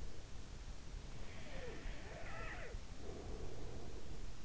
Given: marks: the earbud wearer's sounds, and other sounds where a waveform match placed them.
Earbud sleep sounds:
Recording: sounds in sleep by an in-ear microphone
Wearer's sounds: breath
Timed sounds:
1.01-4.35 s: breath

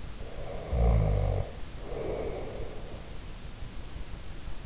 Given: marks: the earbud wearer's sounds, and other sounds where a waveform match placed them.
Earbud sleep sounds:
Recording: sounds in sleep by an in-ear microphone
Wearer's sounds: snoring breath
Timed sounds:
0.44-3.41 s: snoring breath

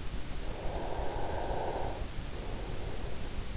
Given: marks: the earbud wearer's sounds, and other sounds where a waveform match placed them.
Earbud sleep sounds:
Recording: sounds in sleep by an in-ear microphone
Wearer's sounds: breath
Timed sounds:
0.34-3.34 s: breath

